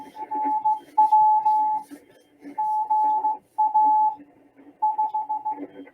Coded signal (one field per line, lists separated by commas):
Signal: Morse code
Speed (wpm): 16 wpm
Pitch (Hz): 860 Hz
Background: speech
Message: NW GA 5